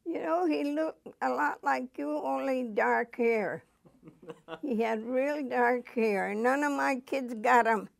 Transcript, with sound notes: You know, he looked a lot like you, only dark hair. (laughs) He had really dark hair and none of my kids got 'em.